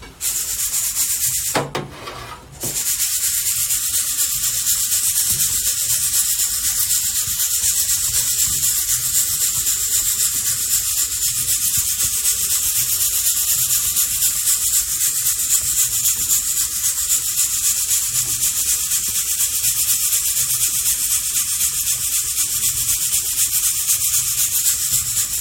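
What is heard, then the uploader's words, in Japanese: Coffee beans roasting, a mocha blend, give off a steady, dense hiss with a bright, airy top and a faint low rumble underneath. Near the two-second mark the sound briefly drops and breaks into a few sharp scraping strokes, then the even rushing noise resumes unchanged to the end. 今朝は”モカブレンド”を焙煎。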